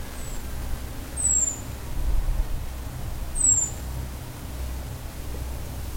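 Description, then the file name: European robin calling with a faint high note, then two clear, piercing descending 'tsee' notes about two seconds apart over a low rumble. "Erithacus rubecula"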